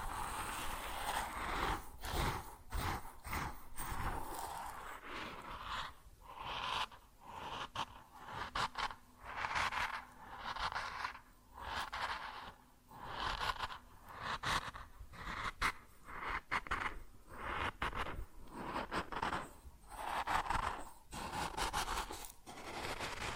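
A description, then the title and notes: Grain being poured and shifted, a dense, dry rustle that fills the clip. Bursts of pouring surge and pause irregularly, sometimes every second or so, with brief near-silent gaps between. Scraping, trickling texture throughout, bright and hissy, with a faint low hum midway. ASMR Grain Sounds (No Talking).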